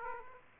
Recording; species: mosquito wingbeat signal from an infrared sensor; Aedes aegypti